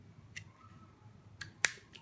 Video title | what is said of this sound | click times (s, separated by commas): Easy change to different country's power plug,good for travel | I push down you will hear a a sound click sound | 1.6 s